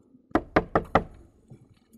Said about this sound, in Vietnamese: Nhưng bỗng nhiên ông Báu nghe có tiếng gõ cửa.